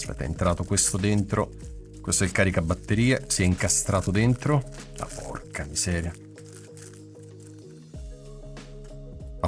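Someone talks over background music while working the charger of a Wolfang GA 460 action cam free from its compartment in the plastic accessory case, with quiet handling clicks in between. At 9.4 s a sharp pop is heard as the charger releases from the slot; it was not stuck, just fitted in place.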